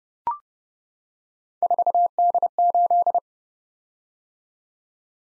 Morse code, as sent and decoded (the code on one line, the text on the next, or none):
....- -.. ---..
4D8